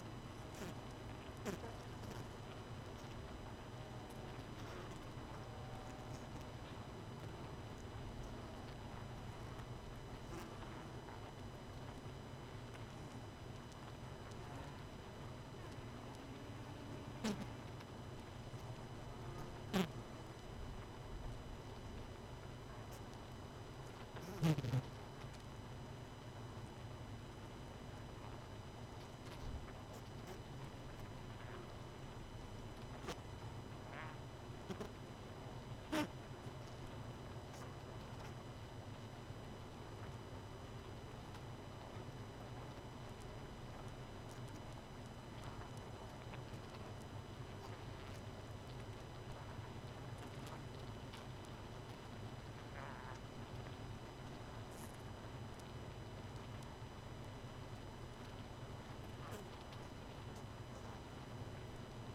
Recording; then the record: honeybee colony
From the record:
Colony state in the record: missing queen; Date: 31 May 2018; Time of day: 23:38